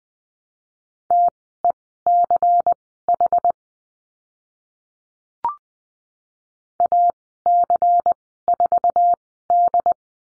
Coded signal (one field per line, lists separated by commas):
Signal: Morse code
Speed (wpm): 20 wpm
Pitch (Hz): 700 Hz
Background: none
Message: TECH AC4D